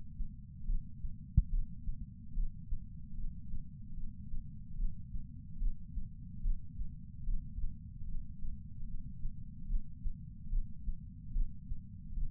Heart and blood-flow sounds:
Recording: heart sounds by patch sensor on the chest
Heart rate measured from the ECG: 73 bpm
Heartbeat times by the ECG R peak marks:
0.65 s: heartbeat
1.49 s: heartbeat
2.33 s: heartbeat
3.15 s: heartbeat
3.94 s: heartbeat
4.76 s: heartbeat
5.58 s: heartbeat
6.41 s: heartbeat
7.24 s: heartbeat
8.05 s: heartbeat
8.85 s: heartbeat
9.66 s: heartbeat
10.49 s: heartbeat
11.32 s: heartbeat
12.14 s: heartbeat
From the record:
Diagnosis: coronary artery disease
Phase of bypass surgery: preoperative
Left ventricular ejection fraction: 32.2%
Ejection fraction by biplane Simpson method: 32%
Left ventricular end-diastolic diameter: 64 mm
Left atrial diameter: 40 mm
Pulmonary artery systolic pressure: 18 mmHg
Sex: male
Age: 49 years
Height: 175 cm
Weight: 80 kg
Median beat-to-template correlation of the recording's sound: 0.84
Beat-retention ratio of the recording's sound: 1.00

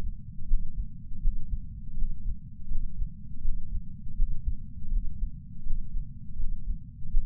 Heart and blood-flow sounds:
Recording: heart sounds by patch sensor on the chest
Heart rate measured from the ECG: 81 bpm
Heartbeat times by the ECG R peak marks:
0.46 s: heartbeat
1.20 s: heartbeat
1.94 s: heartbeat
2.68 s: heartbeat
3.42 s: heartbeat
4.15 s: heartbeat
4.89 s: heartbeat
5.63 s: heartbeat
6.36 s: heartbeat
7.10 s: heartbeat
From the record:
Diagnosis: coronary artery disease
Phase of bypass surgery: postoperative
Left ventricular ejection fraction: 39.2%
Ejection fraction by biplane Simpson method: 34.1%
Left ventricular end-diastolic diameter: 57 mm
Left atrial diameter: 41 mm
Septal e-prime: 4.9 cm/s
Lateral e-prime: 6.9 cm/s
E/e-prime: 12.9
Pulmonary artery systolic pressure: 24 mmHg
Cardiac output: 4.6 L/min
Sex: male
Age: 72 years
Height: 170 cm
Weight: 79 kg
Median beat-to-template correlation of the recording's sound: 0.87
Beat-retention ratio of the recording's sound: 0.99

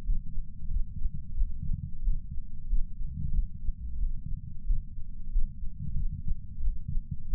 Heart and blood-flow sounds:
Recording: heart sounds by patch sensor on the chest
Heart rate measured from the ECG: 91 bpm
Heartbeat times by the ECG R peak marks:
0.04 s: heartbeat
0.68 s: heartbeat
1.35 s: heartbeat
2.02 s: heartbeat
2.67 s: heartbeat
3.32 s: heartbeat
3.98 s: heartbeat
4.64 s: heartbeat
5.30 s: heartbeat
5.94 s: heartbeat
6.61 s: heartbeat
7.28 s: heartbeat
From the record:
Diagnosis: coronary artery disease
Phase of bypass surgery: postoperative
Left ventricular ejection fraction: 63.7%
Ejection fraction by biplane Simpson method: 59.4%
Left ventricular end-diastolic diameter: 49 mm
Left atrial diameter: 35 mm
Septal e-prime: 7.3 cm/s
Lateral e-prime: 9.8 cm/s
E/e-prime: 7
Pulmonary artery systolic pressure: 20 mmHg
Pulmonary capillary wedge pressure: 4 mmHg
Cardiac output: 5.4 L/min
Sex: male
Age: 69 years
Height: 174 cm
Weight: 79 kg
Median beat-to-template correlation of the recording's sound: 0.69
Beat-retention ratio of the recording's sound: 1.00

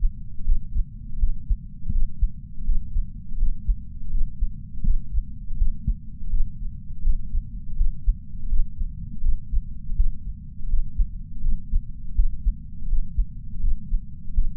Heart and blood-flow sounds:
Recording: heart sounds by patch sensor on the chest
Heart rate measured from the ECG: 82 bpm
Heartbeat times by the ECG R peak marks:
0.45 s: heartbeat
1.19 s: heartbeat
1.92 s: heartbeat
2.65 s: heartbeat
3.38 s: heartbeat
4.11 s: heartbeat
4.83 s: heartbeat
5.57 s: heartbeat
6.30 s: heartbeat
7.03 s: heartbeat
7.76 s: heartbeat
8.49 s: heartbeat
9.22 s: heartbeat
9.96 s: heartbeat
10.69 s: heartbeat
11.42 s: heartbeat
12.15 s: heartbeat
12.88 s: heartbeat
13.61 s: heartbeat
14.34 s: heartbeat
From the record:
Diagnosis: coronary artery disease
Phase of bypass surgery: postoperative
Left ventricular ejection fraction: 56.8%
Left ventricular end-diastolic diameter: 44 mm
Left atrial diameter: 32 mm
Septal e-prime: 5.7 cm/s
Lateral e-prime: 6.1 cm/s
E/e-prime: 10.2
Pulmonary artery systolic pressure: 32 mmHg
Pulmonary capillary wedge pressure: 12 mmHg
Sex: male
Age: 65 years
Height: 165 cm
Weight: 60 kg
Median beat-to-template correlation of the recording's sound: 0.87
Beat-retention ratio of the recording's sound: 1.00

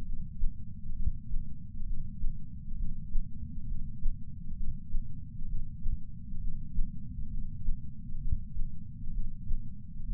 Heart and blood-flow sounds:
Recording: heart sounds by patch sensor on the chest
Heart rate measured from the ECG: 66 bpm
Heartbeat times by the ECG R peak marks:
0.02 s: heartbeat
0.92 s: heartbeat
1.82 s: heartbeat
2.74 s: heartbeat
3.64 s: heartbeat
4.52 s: heartbeat
5.44 s: heartbeat
6.37 s: heartbeat
7.27 s: heartbeat
8.17 s: heartbeat
9.09 s: heartbeat
10.02 s: heartbeat
From the record:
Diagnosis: coronary artery disease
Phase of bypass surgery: preoperative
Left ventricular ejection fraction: 53.1%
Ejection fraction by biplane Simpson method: 48.3%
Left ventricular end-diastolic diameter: 61 mm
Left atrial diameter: 40 mm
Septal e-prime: 7 cm/s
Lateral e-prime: 11.9 cm/s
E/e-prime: 9.8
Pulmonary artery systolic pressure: 34 mmHg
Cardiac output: 5.1 L/min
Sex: female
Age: 60 years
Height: 158 cm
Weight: 54 kg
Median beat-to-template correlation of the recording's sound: 0.90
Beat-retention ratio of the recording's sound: 1.00

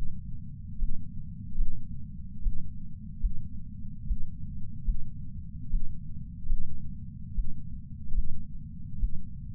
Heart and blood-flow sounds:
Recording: heart sounds by patch sensor on the chest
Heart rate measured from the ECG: 73 bpm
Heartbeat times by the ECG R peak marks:
0.79 s: heartbeat
1.56 s: heartbeat
2.42 s: heartbeat
3.20 s: heartbeat
4.07 s: heartbeat
4.85 s: heartbeat
5.70 s: heartbeat
6.47 s: heartbeat
7.34 s: heartbeat
8.13 s: heartbeat
8.99 s: heartbeat
From the record:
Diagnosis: coronary artery disease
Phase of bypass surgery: preoperative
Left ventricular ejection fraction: 64%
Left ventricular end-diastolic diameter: 54 mm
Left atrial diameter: 40 mm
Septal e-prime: 6.2 cm/s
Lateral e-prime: 8 cm/s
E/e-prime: 10.7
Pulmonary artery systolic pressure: 24 mmHg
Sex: male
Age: 75 years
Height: 178 cm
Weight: 85 kg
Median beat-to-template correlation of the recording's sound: 0.83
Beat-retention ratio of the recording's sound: 0.94

